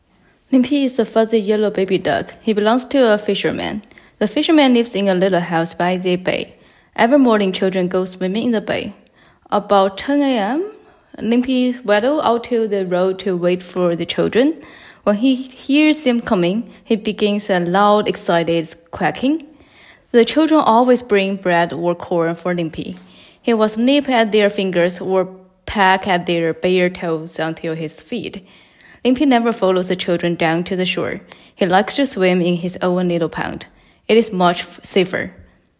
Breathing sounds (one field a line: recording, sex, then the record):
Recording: reading aloud after running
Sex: female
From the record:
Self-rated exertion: very light exertion (1 of 6)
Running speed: 6 miles an hour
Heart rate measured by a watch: 105 beats a minute at the start, 110 at the end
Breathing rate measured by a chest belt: 18 breaths a minute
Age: 28 years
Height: 155 cm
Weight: 44 kg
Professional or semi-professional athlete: no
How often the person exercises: 3 to 5 times a week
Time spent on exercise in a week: over 5 hours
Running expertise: yes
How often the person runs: 3 to 5 times a week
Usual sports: running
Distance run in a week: 45 km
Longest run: 32 km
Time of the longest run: 200 minutes